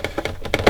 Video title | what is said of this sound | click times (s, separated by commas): Dyson AM06 Cooling Fan Review and Demonstration | a little bit stiff but turn it so that it clicks into place | 0.5 s